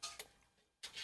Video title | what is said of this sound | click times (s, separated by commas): 1960 Impala Long Quarter Molding NEW Clips Installation | simply like like so so what that does is it locks it into place and you want it | 0.0 s, 0.2 s